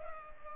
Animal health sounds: mosquito wingbeat signal from an infrared sensor; Culex pipiens

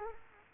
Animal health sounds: mosquito wingbeat signal from an infrared sensor; Culex quinquefasciatus

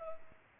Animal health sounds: mosquito wingbeat signal from an infrared sensor; Culex pipiens

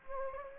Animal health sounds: mosquito wingbeat signal from an infrared sensor; Anopheles gambiae

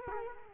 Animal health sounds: mosquito wingbeat signal from an infrared sensor; Culex quinquefasciatus

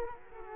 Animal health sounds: mosquito wingbeat signal from an infrared sensor; Culex quinquefasciatus

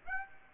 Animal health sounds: mosquito wingbeat signal from an infrared sensor; Aedes aegypti

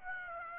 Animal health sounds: mosquito wingbeat signal from an infrared sensor; Aedes aegypti

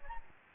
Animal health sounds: mosquito wingbeat signal from an infrared sensor; Aedes albopictus

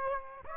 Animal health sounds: mosquito wingbeat signal from an infrared sensor; Aedes aegypti

